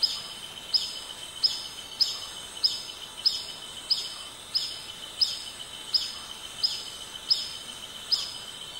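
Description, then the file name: Black bee-eater giving short, sharp, high chip notes repeated steadily about every three-quarters of a second over a constant high hiss. "canto do abelharuco preto"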